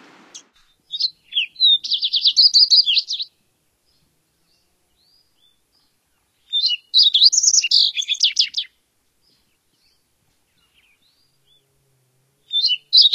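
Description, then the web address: Fox sparrow singing varied, musical whistled phrases, each about two seconds long, repeated roughly every five to six seconds with quiet gaps between. North America. "Songs of Birds of North America Stokes. Fox Sparrow"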